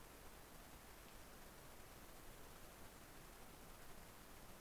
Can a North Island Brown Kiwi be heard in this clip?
no